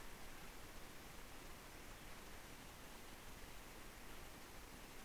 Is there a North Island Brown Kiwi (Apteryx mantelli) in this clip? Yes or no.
no